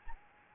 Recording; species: mosquito wingbeat signal from an infrared sensor; Anopheles gambiae